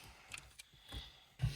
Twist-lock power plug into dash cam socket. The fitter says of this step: Now it's locked into place.